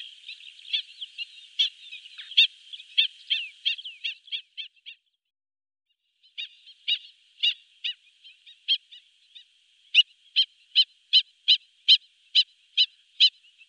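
Black-winged stilt calls: quick sharp yaps that slow and stop, then resume after a pause and end in an evenly spaced series of loud notes.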